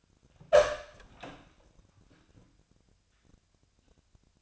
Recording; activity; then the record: daily activity, microphone in the room; open door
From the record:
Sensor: 2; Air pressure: 1007.2 hPa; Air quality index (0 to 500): 190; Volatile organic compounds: 12 ppm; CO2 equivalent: 2329 ppm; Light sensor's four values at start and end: 10/24/10/10 and 10/24/10/10